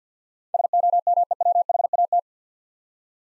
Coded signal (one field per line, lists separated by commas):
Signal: Morse code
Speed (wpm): 48 wpm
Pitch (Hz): 700 Hz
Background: none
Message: SOMEWHAT